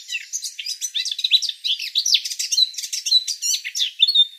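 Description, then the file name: Eurasian blackcap song, an unbroken, hurried jumble of high twittering and chattering notes. "Sylvia atricapilla"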